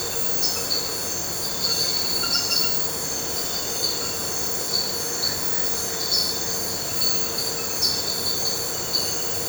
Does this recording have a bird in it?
no